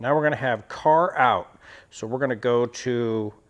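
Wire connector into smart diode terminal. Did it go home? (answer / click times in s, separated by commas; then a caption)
no / none. A man talks while handling the car-out wire's connector for a Roadmaster smart diode in a flat-tow diode kit being wired on a 2025 Jeep Grand Cherokee L. Only his speech is heard. Nothing has seated or clicked yet, since the connector is not yet pushed home onto the smart diode terminal.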